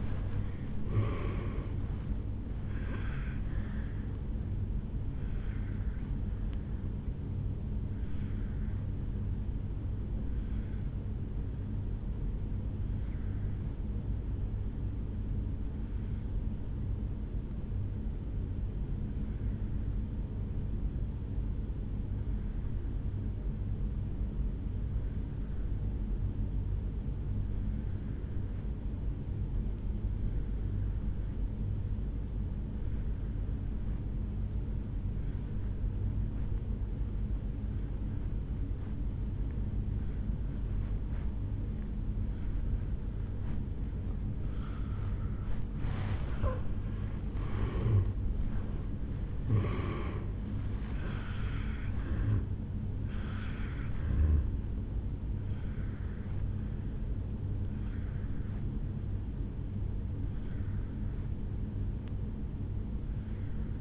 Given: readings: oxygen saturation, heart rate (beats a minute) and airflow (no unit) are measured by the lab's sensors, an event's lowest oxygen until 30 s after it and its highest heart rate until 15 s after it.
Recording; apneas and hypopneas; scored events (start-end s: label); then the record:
breathing in sleep by a smartphone at the bedside; 1
15.00-46.10 s: obstructive apnea (N2, oxygen 97% highest, then 83% lowest, heart rate 55 at the start, 76 highest)
40.00-63.81 s: new sleep stage, N1 (lightest sleep)
From the record:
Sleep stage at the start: N2 (light sleep); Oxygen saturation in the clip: 82 to 97%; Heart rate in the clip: 55 to 76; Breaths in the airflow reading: 5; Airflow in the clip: -13.2 to 7.6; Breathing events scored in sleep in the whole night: 449 in 7.0 hours asleep